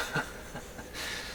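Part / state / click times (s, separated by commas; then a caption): small retaining part on the tuning capacitor shaft of a tube radio / not seated / none. During a tuning capacitor repair on a tube radio, a small retaining part is pushed onto the capacitor shaft, making a few faint, soft contact sounds near 0.2, 0.55 and 0.8 seconds, followed by a steady hiss. Nothing has snapped or clicked into place yet, and the part looks ready to fall out.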